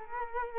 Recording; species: mosquito wingbeat signal from an infrared sensor; Culex quinquefasciatus